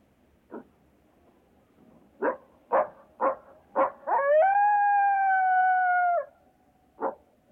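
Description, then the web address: Coyote giving several spaced sharp barks that lead into one long, level howl lasting about two seconds, followed by a single closing bark. "койот"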